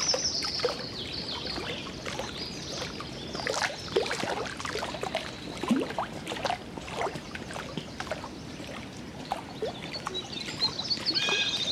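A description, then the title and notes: Canoe travel through the wilderness: frequent short knocks and splashy strokes scatter across the whole twelve seconds over a low rumbling wash. A high bird-like whistle or buzz sits at the start and returns near the end, with brief chirps between. Into the Wilderness by Canoe.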